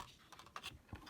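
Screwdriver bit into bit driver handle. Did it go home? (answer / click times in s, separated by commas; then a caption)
no / none. Screwdriver bits from a Hyper Tough 45-piece screwdriver set are handled near the bit driver handle, giving a few short, light tapping and clicking sounds that resemble typing. Nothing has seated or locked into the holder yet.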